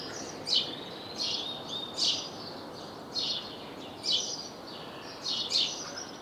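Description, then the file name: House sparrow giving several short bright chirps at irregular intervals, with a faint steady hiss behind. "Passer domesticus"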